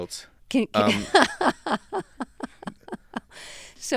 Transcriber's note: soundbite of laughter